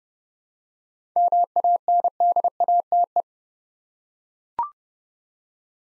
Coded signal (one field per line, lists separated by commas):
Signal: Morse code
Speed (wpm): 29 wpm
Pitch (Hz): 700 Hz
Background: none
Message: MANDATE